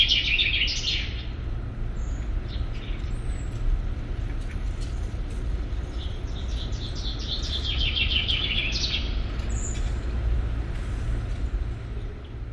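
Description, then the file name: Common chaffinch singing two descending trilled phrases, one at the start and one near the middle, over constant low rumble. "Fringilla coelebs"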